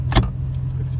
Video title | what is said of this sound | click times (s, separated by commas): 350z steering wheel install | it's pretty close pretty close but they're further enough away you can't tell goes right on clicks | 0.2 s